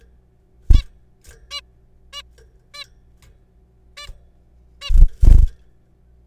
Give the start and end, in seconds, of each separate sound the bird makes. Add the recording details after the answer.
0.73-0.82, 1.51-1.61, 2.13-2.22, 2.74-2.84, 3.97-4.07, 4.82-4.90. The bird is a juvenile. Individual R3428